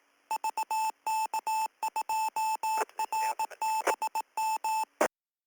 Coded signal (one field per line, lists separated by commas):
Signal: Morse code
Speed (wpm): 18 wpm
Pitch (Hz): 880 Hz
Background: none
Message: VK2RBM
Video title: BMARC 2M Net 26 Aug 2015 - Audio Only